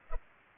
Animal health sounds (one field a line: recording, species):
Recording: mosquito wingbeat signal from an infrared sensor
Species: Culex pipiens